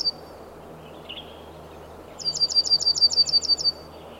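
Bird singing a fast, high trill of about ten evenly spaced notes lasting over a second, with a brief high note at the start and a steady low hum behind.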